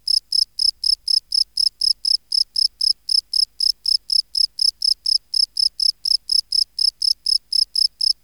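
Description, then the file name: Field cricket singing a continuous series of high chirps, steady and even in rhythm, nothing else audible. "Bio Acoustica Gryllus campestris"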